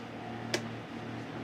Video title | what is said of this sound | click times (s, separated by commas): SSL550 ~ WE GOT IT..!! | wieder einfach die Blende auf der Abdeckung über dem gesamten Rahmen dort einrasten | 0.5 s